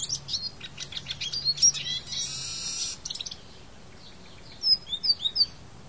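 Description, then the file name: Eurasian siskin twittering: a quick run of high chirps, then a drawn-out buzzy wheeze, a brief pause, and a few sharp, clear notes near the end. "Lucherino"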